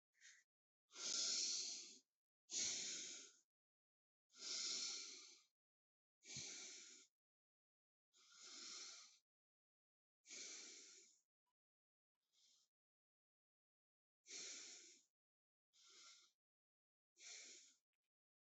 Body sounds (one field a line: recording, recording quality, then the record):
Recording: deep breathing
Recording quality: excellent, no background noise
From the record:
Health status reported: healthy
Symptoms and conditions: sore throat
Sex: male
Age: 27 years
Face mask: not worn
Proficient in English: yes